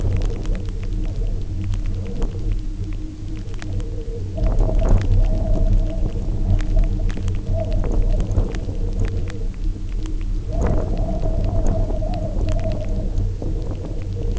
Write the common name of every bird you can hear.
none